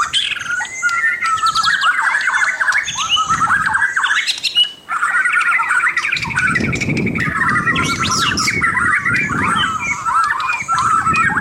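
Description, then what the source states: White-rumped shama song, a busy flow of whistled and harsh notes, with steady low background rumble through the latter part. Local name murai batu; labelled mahkota.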